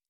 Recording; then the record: hydrophone in a shrimp aquaculture tank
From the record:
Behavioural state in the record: normal